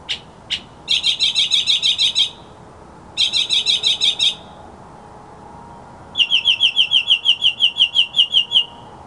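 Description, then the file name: Mockingbird song: two single notes, then two series of fast repeated buzzy notes separated by a pause, and after another pause a series of quick slurred notes repeated steadily. Masteran (tutor) sound for songbirds, uploaded November 2014. "suara masteran mockingbird"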